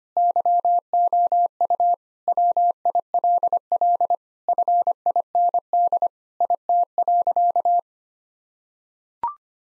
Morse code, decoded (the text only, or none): YOU WILL FIND IT.